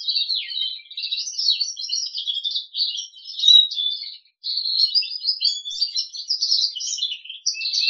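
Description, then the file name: Crested canary pouring out a steady, unbroken stream of buzzy trills and quick twittering notes, with one brief pause midway. "audio kenari jambul"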